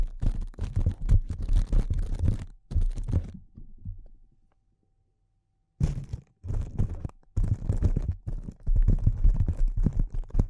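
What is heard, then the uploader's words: Rapid, crunchy tapping comes in dense bursts with a heavy low thud, falls silent for about a second midway, then resumes just as busily. ASMR Delicate Tapping (No Talking).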